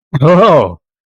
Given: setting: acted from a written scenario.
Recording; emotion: vocal sound without words; positive surprise